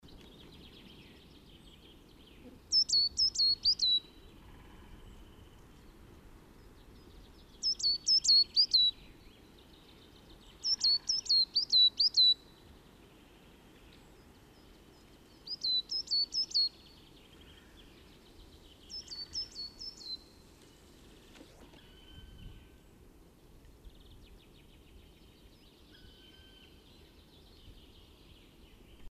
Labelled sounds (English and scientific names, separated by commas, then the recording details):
Coal Tit (Periparus ater) song, Common Chaffinch (Fringilla coelebs)
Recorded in the wild
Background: Fringilla coelebs
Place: Baden-Baden, Baden-Württemberg, DE
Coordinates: 48.7656, 8.2287
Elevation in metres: 176
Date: 1976-04-22
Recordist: Tretzel, Erwin
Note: Baden-Baden: Gesang "zidä"